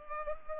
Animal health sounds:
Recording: mosquito wingbeat signal from an infrared sensor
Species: Culex pipiens

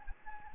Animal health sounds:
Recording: mosquito wingbeat signal from an infrared sensor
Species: Anopheles gambiae

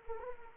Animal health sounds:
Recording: mosquito wingbeat signal from an infrared sensor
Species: Anopheles arabiensis

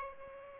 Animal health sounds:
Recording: mosquito wingbeat signal from an infrared sensor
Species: Aedes aegypti

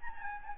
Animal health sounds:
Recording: mosquito wingbeat signal from an infrared sensor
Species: Aedes albopictus

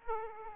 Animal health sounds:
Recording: mosquito wingbeat signal from an infrared sensor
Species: Aedes aegypti

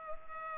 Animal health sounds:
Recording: mosquito wingbeat signal from an infrared sensor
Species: Culex pipiens

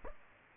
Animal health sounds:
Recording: mosquito wingbeat signal from an infrared sensor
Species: Aedes aegypti

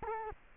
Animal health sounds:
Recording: mosquito wingbeat signal from an infrared sensor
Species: Culex quinquefasciatus

